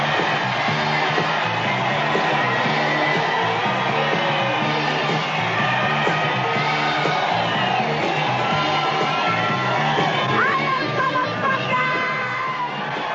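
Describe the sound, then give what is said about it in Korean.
A large concert crowd roars and cheers wildly for a singer as she takes the stage, with overlapping yells, whoops and shouts forming a loud, sustained wall of noise that stays steady for the whole stretch. “그런 …에게 관중들은 열광합니다.”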